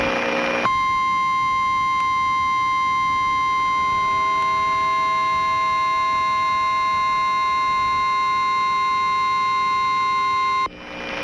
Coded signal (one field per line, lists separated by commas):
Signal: Emergency Alert System (SAME) tones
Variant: 1050 Hz attention tone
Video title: EAS Emergency Alert System Channel: Tornado Warning in Burlington